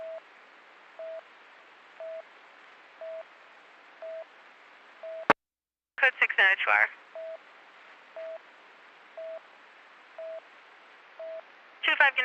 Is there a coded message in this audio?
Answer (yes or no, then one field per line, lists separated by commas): no